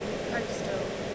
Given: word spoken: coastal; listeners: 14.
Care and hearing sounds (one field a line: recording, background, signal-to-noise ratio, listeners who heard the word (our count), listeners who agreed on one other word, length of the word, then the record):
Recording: one English word in noise, from a listening test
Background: speech-shaped noise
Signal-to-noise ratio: -4.9 dB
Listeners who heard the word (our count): 3 of 14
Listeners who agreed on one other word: 10 of 14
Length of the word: 0.75 s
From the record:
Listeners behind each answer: 10, 3, 1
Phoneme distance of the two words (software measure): 10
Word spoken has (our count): 2 syllables, 6 phonemes, stress on syllable 1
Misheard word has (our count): 2 syllables, 6 phonemes, stress on syllable 1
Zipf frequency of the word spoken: 4.02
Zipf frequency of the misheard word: 3.61